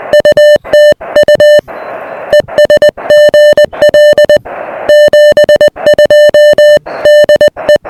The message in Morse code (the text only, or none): UT U ESGL 72 DE